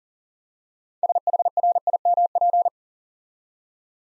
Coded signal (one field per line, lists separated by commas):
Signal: Morse code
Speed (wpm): 40 wpm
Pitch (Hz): 700 Hz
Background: none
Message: SHRIMP